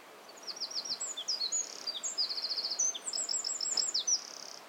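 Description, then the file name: Eurasian wren song: a long, vigorous stream of shrill twitters, chattering trills and brief buzzes, delivered at great speed with hardly a pause. "Troglodytes troglodytes"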